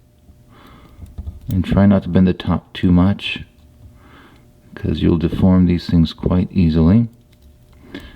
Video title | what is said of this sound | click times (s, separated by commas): Eversharp Skyline - "How To" Restoration/repair. It all gets taken apart! | and then it just pops right in there like that okay | 7.9 s